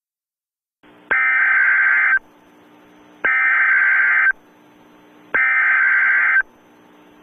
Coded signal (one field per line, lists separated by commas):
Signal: Emergency Alert System (SAME) tones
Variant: header bursts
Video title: Emergency Alert system_ Nuclear attack (US & CANADA) (2011 b-day special).flv